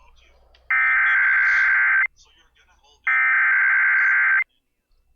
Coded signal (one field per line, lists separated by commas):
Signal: Emergency Alert System (SAME) tones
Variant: header bursts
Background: speech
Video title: CALM BEFORE THE STORM... | EAS Alerts from June 9, 2020 (EAS #413-418)